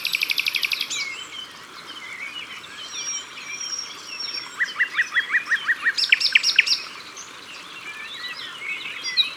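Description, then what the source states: Common nightingale song: a fast trill at the start, scattered thin whistles, then a rhythmic series of sharp notes amid a busy background of birds. Sung at the water's edge.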